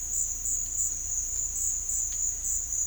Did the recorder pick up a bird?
no